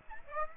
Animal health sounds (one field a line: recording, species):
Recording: mosquito wingbeat signal from an infrared sensor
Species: Aedes aegypti